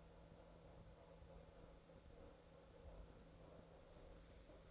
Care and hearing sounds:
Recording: daily activity, microphone in the room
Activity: make coffee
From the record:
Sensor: 3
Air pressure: 1009.4 hPa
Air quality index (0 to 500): 198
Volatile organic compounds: 17 ppm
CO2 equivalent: 2565 ppm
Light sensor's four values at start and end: 33/83/35/37 and 33/83/35/37

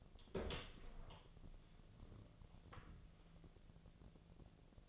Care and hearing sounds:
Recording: daily activity, microphone in the room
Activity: open door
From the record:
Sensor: 4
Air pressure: 1001.1 hPa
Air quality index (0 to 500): 184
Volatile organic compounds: 2 ppm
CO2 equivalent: 1313 ppm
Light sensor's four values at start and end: 16/37/15/15 and 14/32/13/13

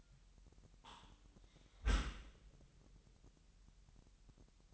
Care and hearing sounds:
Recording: daily activity, microphone in the room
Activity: close dishwasher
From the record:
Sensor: 3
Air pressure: 998.3 hPa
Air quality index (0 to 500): 148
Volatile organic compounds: 5 ppm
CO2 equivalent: 1772 ppm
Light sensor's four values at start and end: 13/39/16/14 and 13/39/16/14

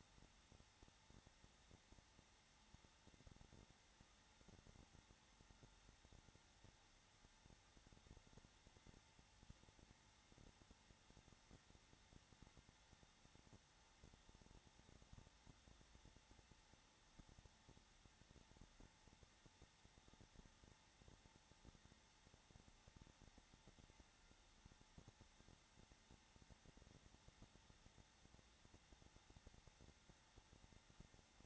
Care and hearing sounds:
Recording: daily activity, microphone in the room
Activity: no activity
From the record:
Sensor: 3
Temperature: 21.3 degrees Celsius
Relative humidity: 33.3%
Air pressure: 994.5 hPa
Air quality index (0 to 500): 168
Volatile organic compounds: 3 ppm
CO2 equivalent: 1457 ppm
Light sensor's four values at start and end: 2/3/2/2 and 2/3/2/2

